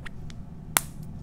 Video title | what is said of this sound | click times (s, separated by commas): Painting stripes | you hear the snap you should hear it snap | 0.8 s